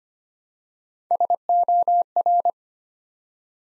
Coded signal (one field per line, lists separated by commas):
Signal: Morse code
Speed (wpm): 25 wpm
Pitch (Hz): 700 Hz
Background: none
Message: SOR